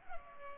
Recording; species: mosquito wingbeat signal from an infrared sensor; Culex pipiens